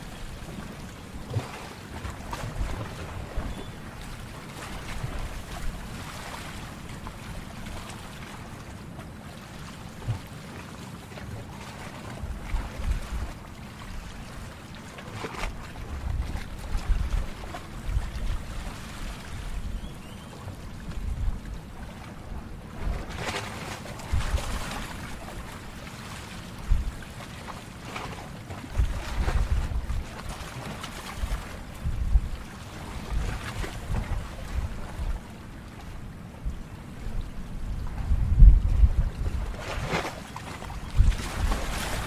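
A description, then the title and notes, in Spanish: Sea waves at a shoreline under a constant low rumble, like wind buffeting the microphone. Brighter hissing washes of surf rise every several seconds, around 15, 23, 29 and 38 seconds, the last one loudest, then sink back into the steady roar. Sonido del Mar de Cancún, Sonido de las Olas Relajantes.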